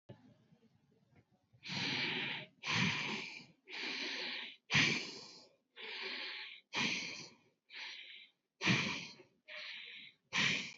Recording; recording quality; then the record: shallow breathing; excellent, no background noise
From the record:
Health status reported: exposed to COVID-19, no respiratory illness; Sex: male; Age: 30 years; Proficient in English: yes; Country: United States